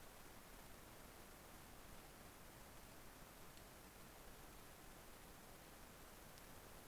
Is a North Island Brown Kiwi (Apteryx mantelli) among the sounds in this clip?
no